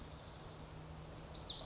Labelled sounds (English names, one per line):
Pacific Wren